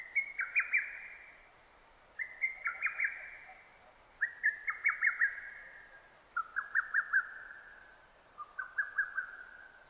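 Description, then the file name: Lesser cuckoo song: loud staccato phrases of several sharp notes, repeated at short intervals, the later phrases lower in pitch. Recorded 6 June 2009. "hototogisu 20090606"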